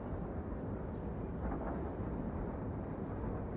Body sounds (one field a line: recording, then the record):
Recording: background sound without coughing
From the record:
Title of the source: Train Ride Ambience ambient white noise for sleeping, focus, studying, reading